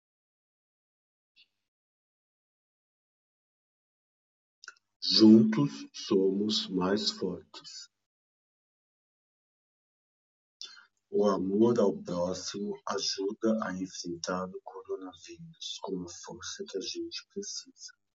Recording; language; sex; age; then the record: spoken sentence; Brazilian Portuguese; male; 50 to 59 years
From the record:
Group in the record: control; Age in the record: 53 years